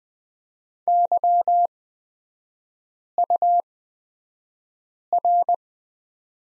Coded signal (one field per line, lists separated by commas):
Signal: Morse code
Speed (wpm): 20 wpm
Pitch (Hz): 700 Hz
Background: none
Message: YUR